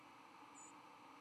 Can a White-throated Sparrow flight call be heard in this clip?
yes